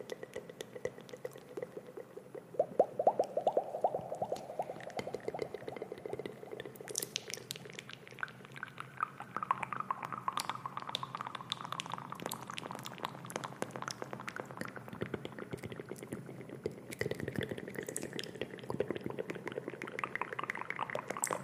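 Wet mouth sounds crackle and smack continuously, a dense stream of tiny clicks and pops with a gurgling, liquid texture. A murmuring low-mid tone shifts in pitch underneath, growing busier and brighter after about seven seconds and again near seventeen.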